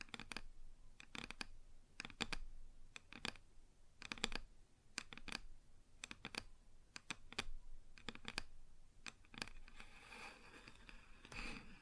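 Sharp taps on a wooden surface, sometimes single and sometimes in quick pairs or clusters, fall irregularly through most of the twelve seconds. Near the end the tapping gives way to a rougher, continuous scratching sound. A low, quiet hiss sits underneath throughout.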